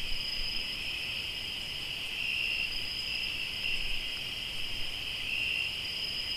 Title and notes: Sonidos de grillos en Tlayacapan - Morelos